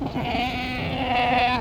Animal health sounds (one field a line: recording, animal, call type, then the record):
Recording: contact call of a hoofed animal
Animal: goat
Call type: low-frequency (closed-mouth) or high-frequency (open-mouth) call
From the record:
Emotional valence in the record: negative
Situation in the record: short social isolation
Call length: 1.61 s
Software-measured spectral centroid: 2040 Hz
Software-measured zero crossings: 2140 a second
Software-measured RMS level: -24 dBFS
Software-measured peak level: -9 dBFS